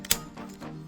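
A plastic armor accessory is pressed into the small front slot of a transforming robot toy and snaps home with a sharp, bright click at 0.1 s. After that, only a faint background hum remains, and the piece is seated.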